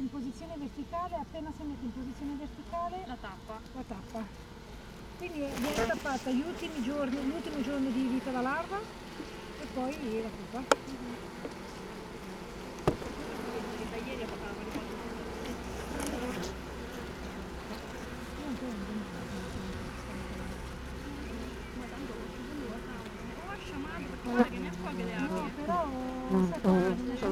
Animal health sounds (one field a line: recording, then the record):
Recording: honeybee colony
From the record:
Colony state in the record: missing queen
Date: 31 May 2018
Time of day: 16:14